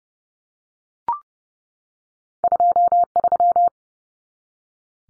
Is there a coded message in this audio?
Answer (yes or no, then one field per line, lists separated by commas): yes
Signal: Morse code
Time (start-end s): 2.4-3.7 s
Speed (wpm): 30 wpm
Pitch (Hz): 700 Hz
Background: none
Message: 23